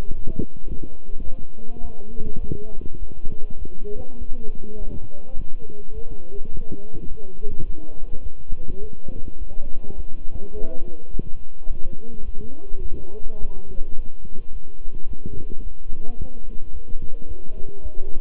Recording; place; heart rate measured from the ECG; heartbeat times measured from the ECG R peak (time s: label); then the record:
heart sounds by stethoscope; between the tricuspid and mitral areas; 105 bpm
0.11 s: heartbeat
0.67 s: heartbeat
1.23 s: heartbeat
1.80 s: heartbeat
2.38 s: heartbeat
2.97 s: heartbeat
3.57 s: heartbeat
4.17 s: heartbeat
4.76 s: heartbeat
5.35 s: heartbeat
5.92 s: heartbeat
6.50 s: heartbeat
7.07 s: heartbeat
7.64 s: heartbeat
8.21 s: heartbeat
8.79 s: heartbeat
9.37 s: heartbeat
9.94 s: heartbeat
10.51 s: heartbeat
11.09 s: heartbeat
11.66 s: heartbeat
12.23 s: heartbeat
12.80 s: heartbeat
13.37 s: heartbeat
13.94 s: heartbeat
14.51 s: heartbeat
15.06 s: heartbeat
15.61 s: heartbeat
16.16 s: heartbeat
16.71 s: heartbeat
17.26 s: heartbeat
17.80 s: heartbeat
From the record:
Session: walking at 3.7 km/h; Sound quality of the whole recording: good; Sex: male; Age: 26 years